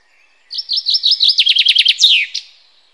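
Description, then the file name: Common chaffinch song, a brisk cascade of bright notes finishing with an emphatic terminal flourish. "Fringilla coelebs"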